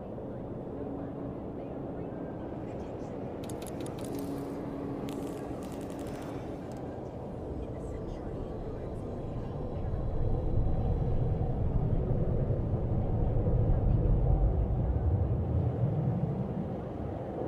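A futuristic city ambience of dense, steady low rumble with a murmur of voices or traffic running throughout. Around three to six seconds, bright clicking or crackling bursts cut through. From about ten seconds the low drone swells louder and heavier until the end.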